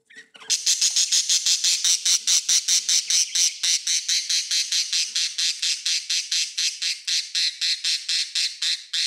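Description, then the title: Budgerigar squawking in a long unbroken series of harsh, buzzy pulses, rapid and loud, continuing for nearly nine seconds. "Budgie Sounds"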